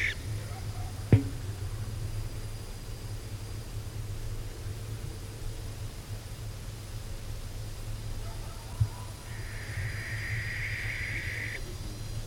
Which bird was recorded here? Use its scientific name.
Tyto alba